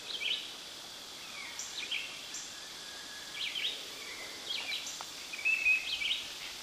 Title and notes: Red - Eyed Vireo by Christie Mullen